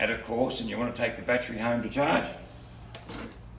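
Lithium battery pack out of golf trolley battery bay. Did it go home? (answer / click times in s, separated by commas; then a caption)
released / 2.9 s. Someone talks, then at 3.0 s there is a short sharp click as the thumb-pressed latch releases the lithium battery pack from the battery bay of a new 2018-model Go Kart electric golf trolley. The battery pops out and is released.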